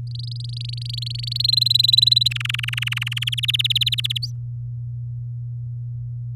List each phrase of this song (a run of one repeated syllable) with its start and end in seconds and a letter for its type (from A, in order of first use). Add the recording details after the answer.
0.07-1.47 A, 1.48-2.28 B, 2.30-3.29 C, 3.32-4.18 D, 4.22-4.31 E. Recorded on 8 May 2018 at 05:58. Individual llb16